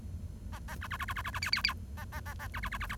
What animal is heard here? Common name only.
Bengalese Finch